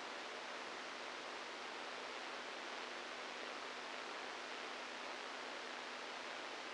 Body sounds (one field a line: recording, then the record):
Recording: brain microelectrode recording played as sound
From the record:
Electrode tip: outside the subthalamic nucleus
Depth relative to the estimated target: 4 mm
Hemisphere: right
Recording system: NeuroSet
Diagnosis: Parkinson's disease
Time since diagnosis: 8 years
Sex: male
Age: 46 years